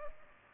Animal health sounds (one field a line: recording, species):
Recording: mosquito wingbeat signal from an infrared sensor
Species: Culex pipiens